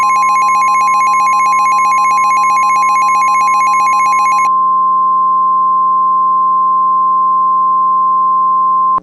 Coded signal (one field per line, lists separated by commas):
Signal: Emergency Alert System (SAME) tones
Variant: 1050 Hz attention tone